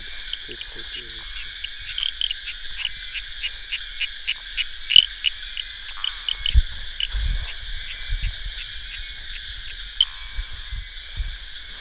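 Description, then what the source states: Guibemantis liber frog calls as short clicky notes repeated rapidly in long series over steady high insect drones, with a brief low pulsed burst near the start. Soundscape.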